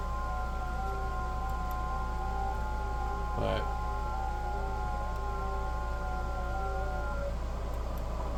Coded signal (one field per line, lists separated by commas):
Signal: FT8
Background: speech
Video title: i think ft8 software possibly is shady 🤔